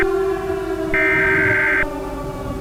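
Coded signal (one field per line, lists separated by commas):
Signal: Emergency Alert System (SAME) tones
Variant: header bursts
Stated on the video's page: Simulated alert scenario, generated with a DASDEC encoder.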